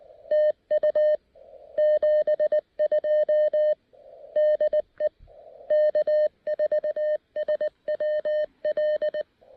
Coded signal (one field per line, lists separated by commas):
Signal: Morse code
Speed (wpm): 19 wpm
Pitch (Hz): 660 Hz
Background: none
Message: TU 72 DE K4SWL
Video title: Mountain Topper MTR-3B: Fitting in a quick POTA activation while packing up the campsite!